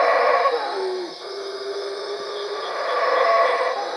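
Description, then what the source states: Howler monkey roar fades into a steady droning moan, then swells again into a rough, broad roar near the end. At Cuevas.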